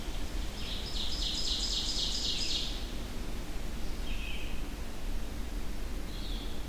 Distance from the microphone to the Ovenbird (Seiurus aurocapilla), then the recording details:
about 30 m. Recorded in boreal forest in Alberta, Canada, on 25 June 2016 at 08:25. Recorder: SongMeter 3, array SBT-6-76. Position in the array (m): 14 m, 110 m. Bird 2